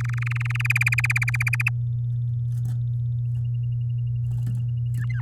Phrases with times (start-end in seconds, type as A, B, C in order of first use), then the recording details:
0.00-0.62 A, 0.65-1.69 B, 4.94-5.20 C. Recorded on 8 May 2018 at 09:19. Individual llb16